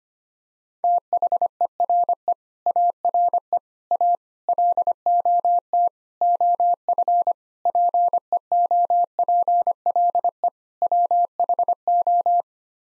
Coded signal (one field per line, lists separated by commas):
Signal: Morse code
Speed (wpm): 25 wpm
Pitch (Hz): 700 Hz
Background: none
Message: THERE ARE A LOT OF PEOPLE WHO